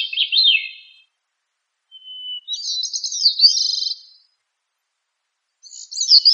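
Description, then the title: Thrush singing bright, twisting high phrases, one introduced by a thin steady whistle, with silent gaps of about a second between phrases. Bird of the family Turdidae, locally called sabiá. "Familia Turdidae - Sabia"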